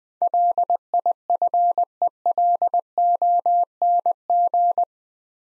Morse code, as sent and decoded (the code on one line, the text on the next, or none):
.-.. .. ..-. . .-.. --- -. --.
LIFELONG